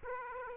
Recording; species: mosquito wingbeat signal from an infrared sensor; Aedes aegypti